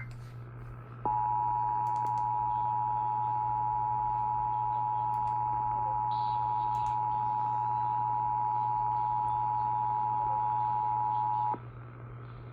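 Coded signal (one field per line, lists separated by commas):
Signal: Emergency Alert System (SAME) tones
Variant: 853 and 960 Hz attention tone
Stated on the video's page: Severe weather alert relayed on an AM and an FM broadcast station.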